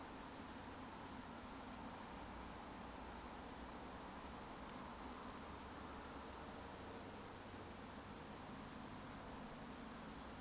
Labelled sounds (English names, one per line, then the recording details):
Eurasian Woodcock whistle
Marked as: whistle, whistle, whistle
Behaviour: display flight
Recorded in Baden-Württemberg, Germany, on 3 June 2021 at 20:12 UTC
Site 49334, 1074 m above sea level